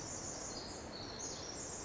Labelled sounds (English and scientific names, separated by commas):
Pacific Wren (Troglodytes pacificus)